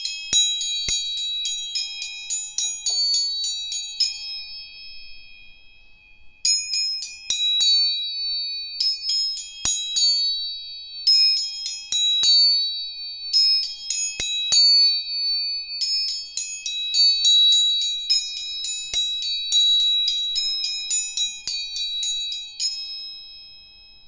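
Tuning forks are struck again and again in quick runs, each strike giving a bright, high, bell-like ring that overlaps the next. A thin high tone hangs on underneath, and brief pauses near five, eight and fifteen seconds break the sequence. There are faint clicks.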